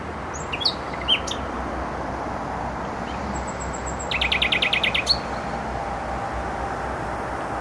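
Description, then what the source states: Nightingale song: a few isolated notes, then a rapid series of about eight repeated notes, against a steady motorway roar. Singing in bushes close to a noisy motorway, Trasa Toruńska, Bródno-Podgrodzie, Warsaw, Poland; recorded with an Olympus LS-11.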